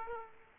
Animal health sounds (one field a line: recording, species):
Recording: mosquito wingbeat signal from an infrared sensor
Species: Aedes aegypti